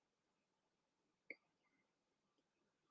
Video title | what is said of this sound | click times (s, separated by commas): How to Fix or Replace Broken Side Cover Slider Headband Parts on Sony XB-900N Wireless Headphones | Once they are in position, you can squeeze them together and they should snap into place. | 1.3 s